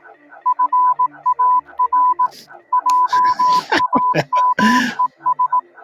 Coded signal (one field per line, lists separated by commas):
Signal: Morse code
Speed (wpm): 18 wpm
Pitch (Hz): 1000 Hz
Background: speech, music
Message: FAR JAMES